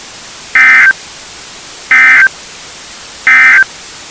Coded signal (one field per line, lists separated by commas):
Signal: Emergency Alert System (SAME) tones